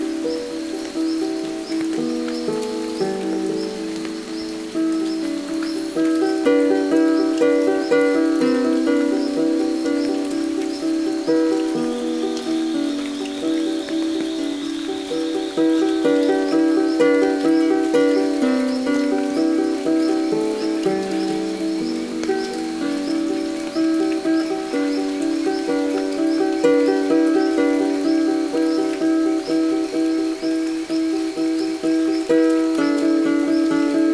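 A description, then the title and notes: Steady rain patters through a rainy jungle morning under a thick layer of sustained, overlapping tones that shift in pitch every second or so, like a dense animal chorus. A thin high whine rises briefly around the middle, and the whole scene grows slightly louder after the opening seconds. Rainy jungle morning-August 2018 Peru.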